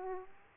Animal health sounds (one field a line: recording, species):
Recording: mosquito wingbeat signal from an infrared sensor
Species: Aedes aegypti